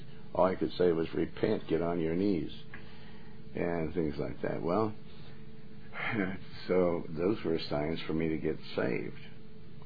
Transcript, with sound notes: all I could say was, "Repent, get on your knees," and things like that. Well, (sighs) so those were signs for me to get saved